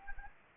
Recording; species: mosquito wingbeat signal from an infrared sensor; Anopheles gambiae